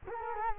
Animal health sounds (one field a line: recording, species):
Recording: mosquito wingbeat signal from an infrared sensor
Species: Culex quinquefasciatus